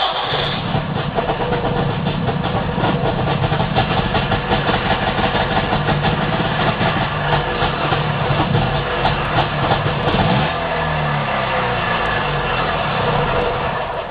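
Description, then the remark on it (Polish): A 60-year-old Trabant car's small engine turns over and catches on the first try in cool autumn temperatures, then settles into a steady, loud, buzzing idle with a rough, uneven rhythm that continues throughout. “Pięknie zabrzmiał 60-latek i jubilat dziś. No, wydaje mi się, od pierwszego draśnięcia przy tak jesiennej temperaturze.”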